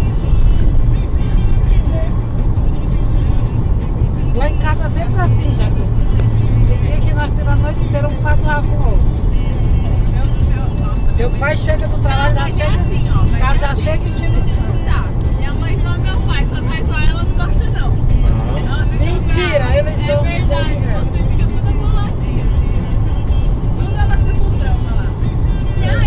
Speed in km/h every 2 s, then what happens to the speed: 135, 134, 134, 135, 136, 137, 136, 135, 135, 135, 135, 136, 137.
0-26 steady at about 135.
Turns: none.